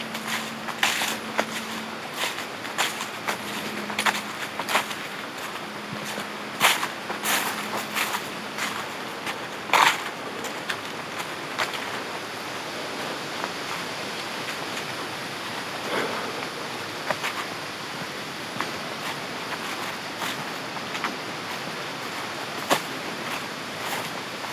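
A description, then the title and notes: Crisp leaves crunch in frequent, irregular snaps over a steady hiss, with a low hum for the first nine seconds and a faint tone near ten. Lively Day by a Cabin in the Woods (Manistee Airbnb). Hike through the crisp sounds of leaves, crickets, passing cars, and a calm creek in these 20 acres hidden away in the woods of Manistee.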